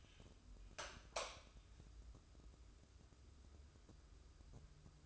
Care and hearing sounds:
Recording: daily activity, microphone in the room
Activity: light on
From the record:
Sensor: 2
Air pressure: 995.2 hPa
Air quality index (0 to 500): 73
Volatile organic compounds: 2 ppm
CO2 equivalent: 1272 ppm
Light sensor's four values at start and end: 8/18/7/8 and 8/18/7/8

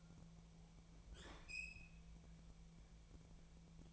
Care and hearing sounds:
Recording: daily activity, microphone in the room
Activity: open fridge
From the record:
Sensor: 1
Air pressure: 1000.0 hPa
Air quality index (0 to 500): 134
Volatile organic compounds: 2 ppm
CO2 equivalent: 1269 ppm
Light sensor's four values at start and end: 37/93/39/47 and 36/92/39/47

